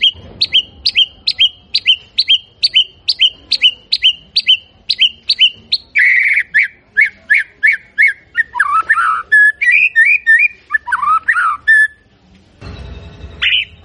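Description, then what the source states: White-rumped shama song: a fast series of repeated sharp chirps, then varied whistled and buzzy phrases rising and falling, ending with a brief noisy burst. Lure recording of a shama singing actively (gacor), meant to provoke an immediate response from other birds.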